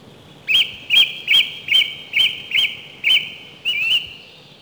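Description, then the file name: Song thrush repeating one short whistled phrase about eight times in quick, even succession, bright and ringing, with a soft hiss behind. "Golosa ptic - Pevchij drozd"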